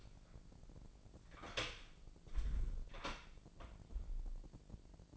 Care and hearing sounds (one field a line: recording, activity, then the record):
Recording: daily activity, microphone in the room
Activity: close door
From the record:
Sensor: 5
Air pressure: 1012.4 hPa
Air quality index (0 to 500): 158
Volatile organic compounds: 2 ppm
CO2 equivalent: 1076 ppm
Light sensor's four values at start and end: 255/619/260/286 and 250/608/256/281